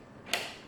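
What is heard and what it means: The other end of a memory stick is pressed home into a motherboard DIMM slot, and the plastic latch snaps shut with a sharp, bright click at 0.3 s that decays quickly over quiet low background noise. The module is seated.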